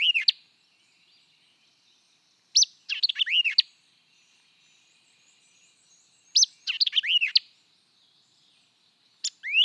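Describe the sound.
White-eyed vireo song, a jumbled burst of sharp chips and arched whistles, repeated several times with long silent gaps.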